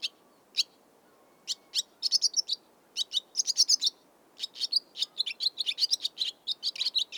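Swallow twittering: short bright chirps and chatters, sparse at first, then a busier run of rapid twittered notes through the second half.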